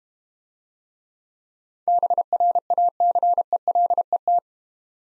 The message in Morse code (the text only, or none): BRACELET